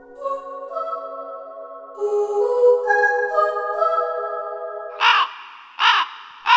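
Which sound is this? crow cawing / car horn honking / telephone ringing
crow cawing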